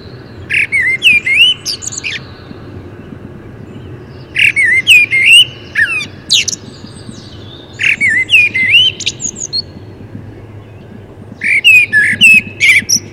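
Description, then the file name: Common blackbird song: four rich warbling phrases about every three to four seconds, each mixing fluted whistles with scratchy high squeaks, over soft background noise. "Turdus merula"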